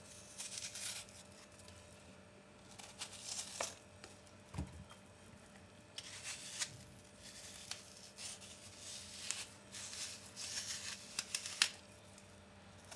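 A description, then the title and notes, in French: Apples being prepared for a compote: a series of short scraping and rustling bursts, like peeling and cutting, come every second or so, some bright and crisp. A soft thud lands near 4.5 seconds, with a faint steady hum underneath throughout. Une recette sonore d'une compote de pommes.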